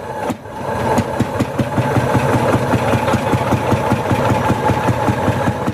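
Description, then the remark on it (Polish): An old Ursus tractor engine idles loudly and steadily in the Bieszczady mountains, its low diesel chugging pulsing in a fast, even rhythm with no one speaking. “Jesteśmy naszym Ursusem w Bieszczadach.”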